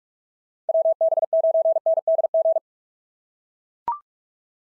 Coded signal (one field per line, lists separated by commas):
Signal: Morse code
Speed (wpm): 44 wpm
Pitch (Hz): 660 Hz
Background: none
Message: WB9NDG